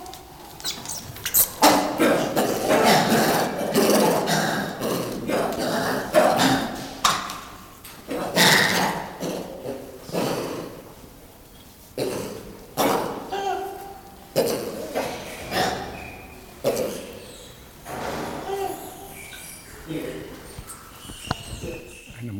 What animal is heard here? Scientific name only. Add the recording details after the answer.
Macaca silenus. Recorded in captivity. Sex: group. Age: adult. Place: Zoo Dresden, Sachsen, DE. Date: 1997-02-14 15:43. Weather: heiter bis wolkig, 5 bis 7°C. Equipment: Nagra SN, Kopie Uher 4000 Report Monitor. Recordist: Tembrock, Günter